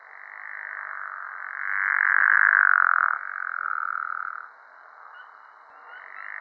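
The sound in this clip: Pickerel frog snoring in a rattling drone that swells, breaks and trails off, then starts again near the end.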